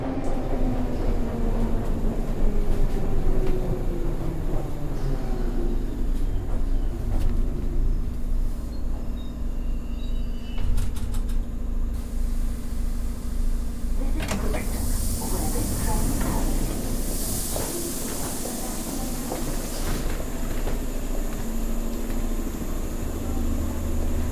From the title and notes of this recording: I took the train and tube to Brixton, arriving in Electric Avenue. Please excuse the slight wind noise on the mic. To Brixton (Electric Avenue).